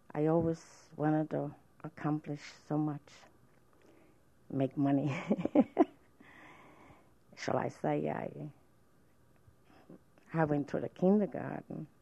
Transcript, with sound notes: I always wanted to accomplish so much, make money. (she laughs) So, I say I went through the kindergarten.